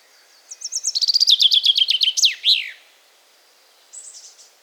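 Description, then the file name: Common chaffinch song: a series of high notes dropping into a rapid trill with a flourish at the end, then a brief faint high call. "erdei pinty"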